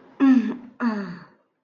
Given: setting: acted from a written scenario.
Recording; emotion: vocal sound without words; contempt